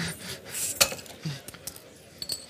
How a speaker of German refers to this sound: hat gerade die Flasche so ein bisschen geöffnet wie eine Champagnerflasche